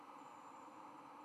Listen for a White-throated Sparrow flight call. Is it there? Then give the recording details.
no. No flight call is heard. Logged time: 01:39 on 6 November 2014